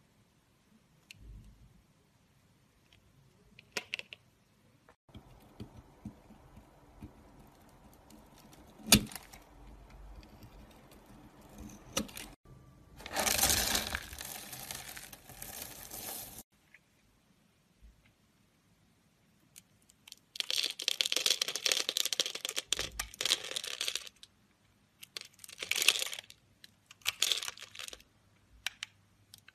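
Soap being carved, heard as scraping and shaving strokes that come in bursts. A long bright rasping scrape runs from about 13 to 16 seconds, with another dense stretch of scraping near 20 to 23 seconds and shorter strokes around 26 seconds. Quiet gaps and soft knocks fall between them.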